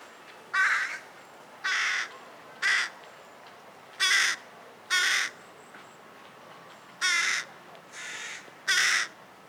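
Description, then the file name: Carrion crow giving a series of eight rasping caws with short pauses between. "Corvus corone"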